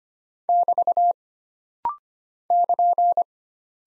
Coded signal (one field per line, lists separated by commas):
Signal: Morse code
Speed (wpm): 25 wpm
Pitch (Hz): 700 Hz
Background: none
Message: <BT> <KN>